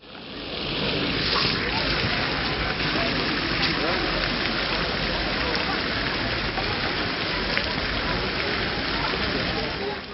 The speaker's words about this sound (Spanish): Solo la tranquilidad que produce el agua de las fuentes.